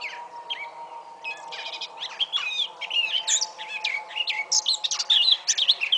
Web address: SETE data Sylvia atricapilla